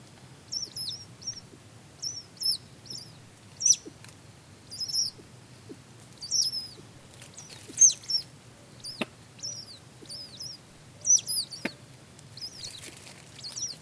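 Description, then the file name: Rail delivering a long run of high, squeaky slurred notes in short bursts, spaced about every second, with faint clicks and a quiet background. "kuina"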